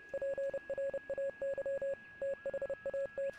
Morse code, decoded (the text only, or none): PRAY THAT